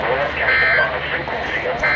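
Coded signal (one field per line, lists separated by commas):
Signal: Emergency Alert System (SAME) tones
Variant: end-of-message bursts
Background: speech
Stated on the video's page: Required weekly test from Minneapolis area weather radio.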